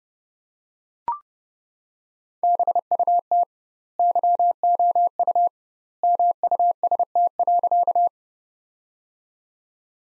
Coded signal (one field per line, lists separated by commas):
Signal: Morse code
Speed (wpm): 30 wpm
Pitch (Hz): 700 Hz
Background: none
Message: BUT YOU MUST.